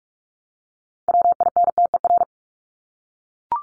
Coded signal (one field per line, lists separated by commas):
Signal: Morse code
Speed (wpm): 44 wpm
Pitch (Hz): 700 Hz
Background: none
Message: WINTER